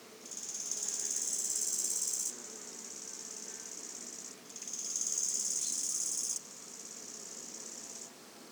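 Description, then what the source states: Bow-winged grasshopper stridulating in two high, hissing rasped phrases, each loud for about two seconds and then continuing more softly before stopping. Moving before stridulating again; le Puech, France; 22 October 2006; recorded with a modified Telinga Earsight omni microphone.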